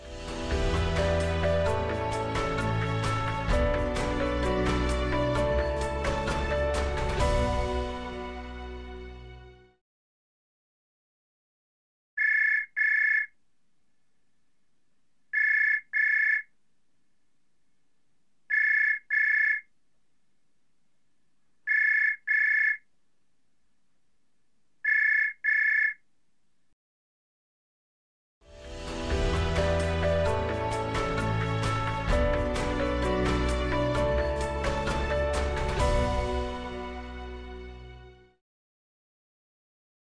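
A telephone rings: a long, loud, dense ringing fills the first ten seconds, then five short double trills at a bright, steady pitch arrive about every three seconds. Near the end another sustained ten-second burst of heavy ringing returns and cuts off.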